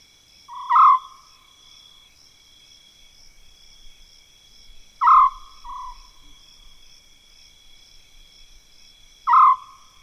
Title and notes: The eerie calls of an African scops owl in mopane woodland - South Luangwa National Park, Zambia.